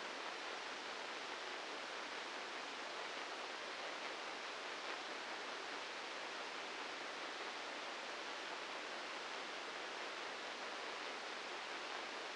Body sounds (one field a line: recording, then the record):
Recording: brain microelectrode recording played as sound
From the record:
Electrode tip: inside the subthalamic nucleus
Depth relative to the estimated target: -4 mm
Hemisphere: right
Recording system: NeuroSet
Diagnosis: Parkinson's disease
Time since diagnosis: 8 years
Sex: male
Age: 59 years